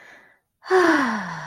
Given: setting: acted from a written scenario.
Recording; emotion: vocal sound without words; contentment